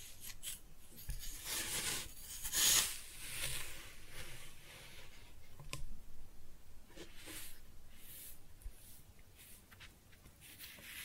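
Kinetic sand is cut and scooped in soft, crisp bursts of hissing grain noise, bright and airy with little low end. The busiest, loudest stretch comes around two to three seconds, followed by scattered shorter scrapes and a quieter, sparser finish.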